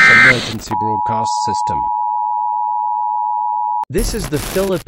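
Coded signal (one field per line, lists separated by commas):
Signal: Emergency Alert System (SAME) tones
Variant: 853 and 960 Hz attention tone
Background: speech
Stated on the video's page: Parody, unofficial concept of a Philippine emergency broadcast system; simulated alert.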